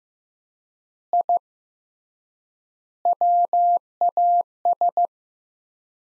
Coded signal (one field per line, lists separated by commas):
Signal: Morse code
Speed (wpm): 15 wpm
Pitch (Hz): 700 Hz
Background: none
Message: I WAS